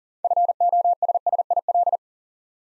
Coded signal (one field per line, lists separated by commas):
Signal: Morse code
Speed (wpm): 41 wpm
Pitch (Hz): 700 Hz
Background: none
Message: FOSSIL